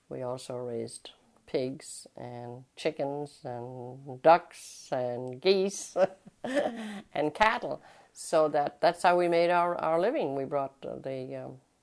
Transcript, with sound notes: We also raised pigs and chickens and ducks and geese. [Laughs] And cattle. So that that's how we made our — our living. We brought the